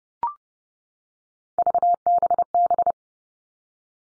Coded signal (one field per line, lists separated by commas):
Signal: Morse code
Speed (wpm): 30 wpm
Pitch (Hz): 700 Hz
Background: none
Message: VBB